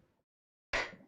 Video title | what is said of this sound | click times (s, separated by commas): Meet the Nimo MME 2S - The Most Powerful Nimo mini PC Ever! 128GB Quad-Channel RAM & 2TB SSD! #nimo | Oh, I just heard it click, so I must be on the right path. | 0.7 s